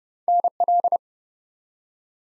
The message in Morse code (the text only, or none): NL